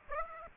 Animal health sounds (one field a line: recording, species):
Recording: mosquito wingbeat signal from an infrared sensor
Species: Aedes aegypti